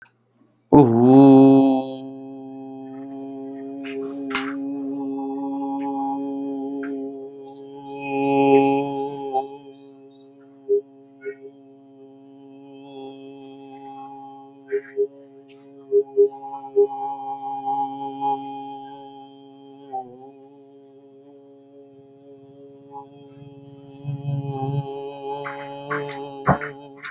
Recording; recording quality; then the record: sustained vowel as in boot; excellent, no background noise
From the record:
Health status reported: COVID-19 positive, no symptoms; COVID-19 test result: positive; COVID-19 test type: RT-PCR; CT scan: not taken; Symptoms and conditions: cold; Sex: male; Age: 40 years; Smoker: no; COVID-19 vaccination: both doses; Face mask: not worn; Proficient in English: yes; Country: India